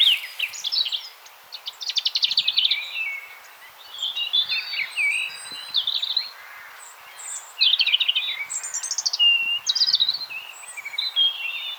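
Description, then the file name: European robin delivering long, varied song phrases of rapid high trills, tinkling notes and drawn-out thin whistles, with short gaps between bursts. "Erithacus rubecula"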